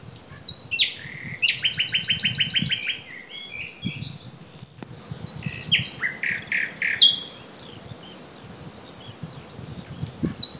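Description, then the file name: Common nightingale song: a rapid burst of loud repeated chattering notes, a pause, then a second varied phrase of sharp, fast-repeated notes, with low rumbling background noise. "Luscinia megarhynchos"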